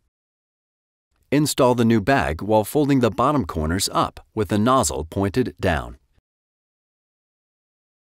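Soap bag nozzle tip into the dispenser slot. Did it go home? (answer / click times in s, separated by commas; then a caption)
no / none. A new soap or sanitizer bag is placed into an enMotion Automated Soap and Sanitizer Dispenser, with its bottom corners folded up and its nozzle pointing down, just before the nozzle tip is pressed into the dispenser slot. Two faint ticks come at about 1.2 s, then someone talks from about 1.3 to 6.0 s, followed by silence. Nothing has seated or clicked yet.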